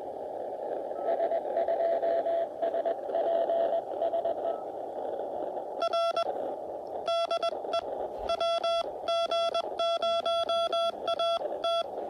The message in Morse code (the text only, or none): S2S PSE R DE WG0AT